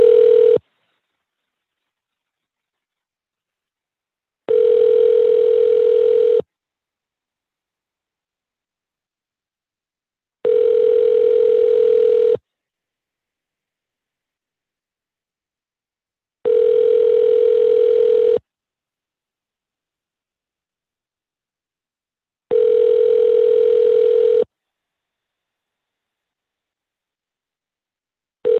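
A steady telephone ringing tone heard while placing a call, sounding in even two-second buzzes separated by about four seconds of silence, repeating five times with no voices.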